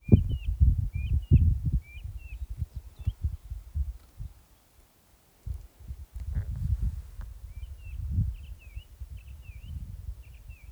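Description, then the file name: Bird giving short, sharp chirped notes in quick pairs and triplets, several in the first three seconds and another burst after seven and a half seconds, over heavy low rumbling noise. Unidentified bird. "ukjent fugl"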